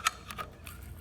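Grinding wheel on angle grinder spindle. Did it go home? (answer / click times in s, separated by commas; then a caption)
no / none. An abrasive grinding wheel is hand-tightened onto the spindle of a Milwaukee cordless angle grinder while the spindle lock button is held down. A sharp tick at 0.1 s is followed by fainter light ticks and handling noises through the rest of the clip. The wheel is being snugged tight but has not seated yet; nothing has clicked home.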